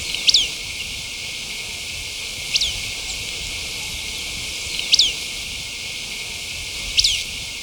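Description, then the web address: Spot-billed ground-tyrant song: sharp, high, downslurred notes repeated a little over every two seconds against constant hiss. Recorded in Ecuador. "Birds of Ecuador 3. Spot-Billed Ground-Tyrant"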